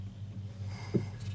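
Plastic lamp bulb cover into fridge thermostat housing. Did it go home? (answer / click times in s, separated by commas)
no / none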